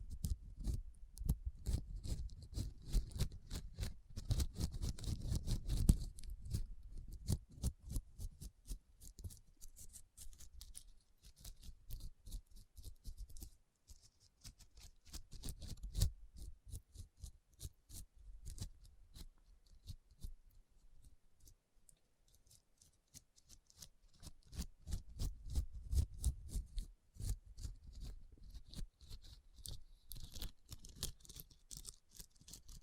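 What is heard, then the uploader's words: Dense, rapid tapping and scratching on rhinestones, a crisp clicking texture with bright detail. The activity swells in bursts around 3–6, 15–17 and 25–28 seconds, adding low rubbing thuds, and thins to sparse ticks in between. ASMR SENSATIONAL RHINESTONE Tapping & Scratching Sounds (No Talking).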